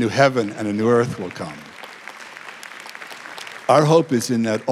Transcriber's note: applause